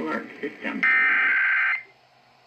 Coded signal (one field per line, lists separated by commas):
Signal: Emergency Alert System (SAME) tones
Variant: header bursts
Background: speech